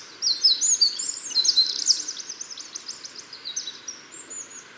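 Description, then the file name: Eurasian wren song: a fast burst of shrill, high notes running into a clear trill, then fading to a few short chips near the end. "Troglodytes troglodytes"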